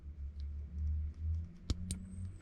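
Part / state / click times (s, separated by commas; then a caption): pin terminal or cover on the AUX adapter connector for a car cassette radio / seated / 1.7 s, 1.9 s. A pin terminal or cover on the AUX adapter connector for a Blaupunkt Frankfurt RCM 82 car cassette radio is pushed home while wiring a jumper from pin 6 to pin 5, and the fit is quite tight. Over a low background hum, two sharp clicks ring out at 1.7 s and 1.9 s. The connector part is seated.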